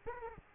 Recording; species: mosquito wingbeat signal from an infrared sensor; Aedes aegypti